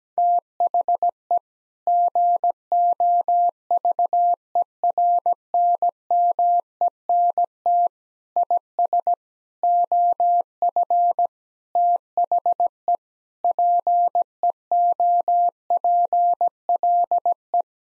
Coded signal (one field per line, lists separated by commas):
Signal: Morse code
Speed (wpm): 17 wpm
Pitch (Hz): 700 Hz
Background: none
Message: THE GOVERNMENT IS OF THE PEOPLE